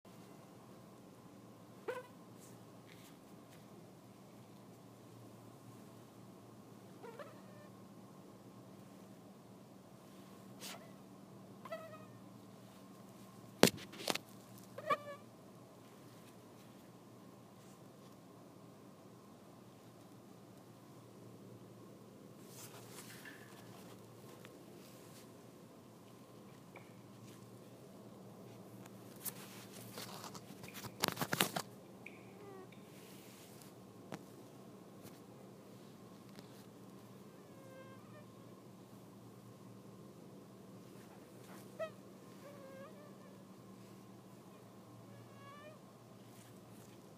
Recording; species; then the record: mosquito flight sound by mobile phone; Anopheles dirus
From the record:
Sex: mixed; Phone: iPhone 6